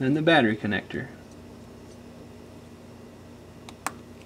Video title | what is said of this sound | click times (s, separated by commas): Nexus 5 Battery Replacement How To Change | and you'll feel it snap in place | 3.9 s